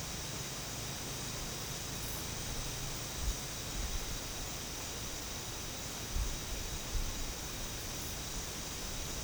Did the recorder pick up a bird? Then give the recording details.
no. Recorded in secondary vegetation near Puerto Asís, Putumayo, Colombia, on 8 March 2025 at 13:30. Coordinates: 0.485, -76.322. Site G040